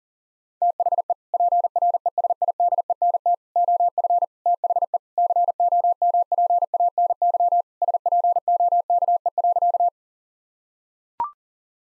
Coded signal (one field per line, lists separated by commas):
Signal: Morse code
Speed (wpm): 40 wpm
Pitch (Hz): 700 Hz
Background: none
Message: THE PRESIDENT OF THE COMPANY SPOKE.